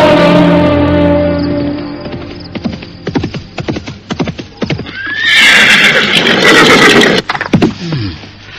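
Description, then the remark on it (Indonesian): Horses ridden at night toward the Pedanten river cliff: a horse lets out a long, quavering whinny, then hooves clop in an uneven rhythm before a second loud, rasping neigh and more hoofbeats. “Sementara itu, Kalaba juga berkuda mengikuti di belakang mereka dari jarak yang cukup jauh.”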